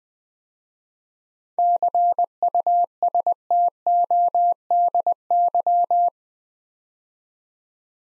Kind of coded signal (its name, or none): Morse code